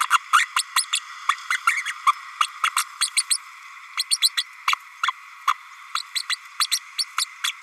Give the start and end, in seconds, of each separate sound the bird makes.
0.00-0.07, 0.10-0.18, 0.32-0.46, 0.56-0.62, 0.76-0.85, 0.92-0.99, 1.29-1.36, 1.50-1.58, 1.67-1.84, 1.85-1.93, 2.06-2.12, 2.40-2.47, 2.63-2.70, 2.76-2.83, 3.00-3.08, 3.16-3.23, 3.30-3.38, 3.97-4.04, 4.11-4.18, 4.21-4.31, 4.37-4.43, 4.67-4.75, 5.03-5.12, 5.47-5.53, 5.95-6.02, 6.15-6.22, 6.29-6.36, 6.59-6.66, 6.71-6.79, 6.98-7.04, 7.18-7.25, 7.44-7.52